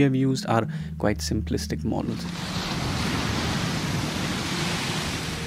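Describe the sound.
A voice speaks briefly at first, then gives way to a steady, hissing rush of monster (rogue) water waves churning in a wave tank, a broad, even wash that continues to the end.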